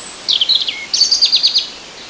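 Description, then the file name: European robin song phrase: a high thin whistle, then tumbling squeaky notes and a quick, repeated, sparkling trill that fades out. "Erithacus rubecula"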